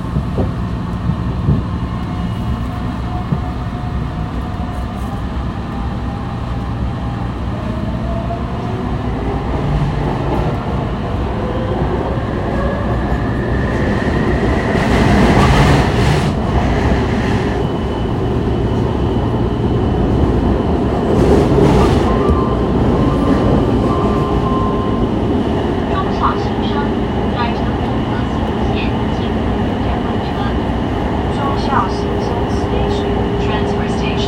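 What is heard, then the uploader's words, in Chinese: A ride on the Taipei MRT: a dense, steady low rumble runs throughout, with a motor whine climbing in pitch early on. Louder rattling, hissing surges come around 15 and 22 seconds, and faint clicks appear near the end. 從台北車站搭捷運上班。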